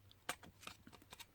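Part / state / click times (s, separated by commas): single-board computer into a 3D-printed case / not seated / none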